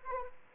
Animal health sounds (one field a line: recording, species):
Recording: mosquito wingbeat signal from an infrared sensor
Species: Anopheles arabiensis